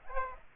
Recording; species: mosquito wingbeat signal from an infrared sensor; Aedes aegypti